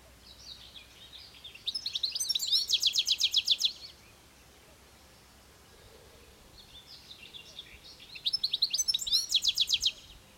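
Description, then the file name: European goldfinch twittering: two bursts of rapid, tinkling high notes about two seconds long, separated by several seconds of quiet background hiss. "Carduelis carduelis"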